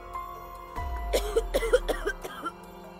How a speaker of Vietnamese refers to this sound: Tam Nương ở trên giường ho lên một trận sặc sụa rồi ngồi bật dậy, thân thể run run, khóe miệng còn vương ra chút máu tươi.